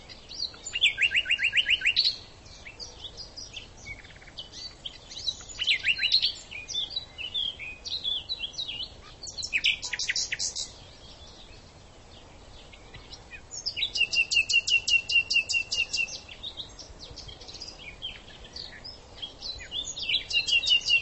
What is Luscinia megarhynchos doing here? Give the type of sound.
song